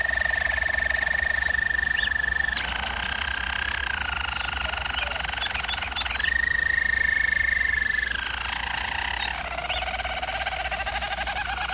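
Bird song made of extended, fast-pulsed notes, alternating between a clear higher whistle and a lower, buzzier trill every few seconds, with a low background hum.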